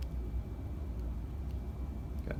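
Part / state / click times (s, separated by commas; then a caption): electrode lead plug into ERG connector / seated / 2.3 s. The second eye electrode lead plug of a Diopsys Nova ERG is pressed into its connector over a steady low hum. A short, sharp click at 2.3 s marks the lead snapping into place, leaving everything connected.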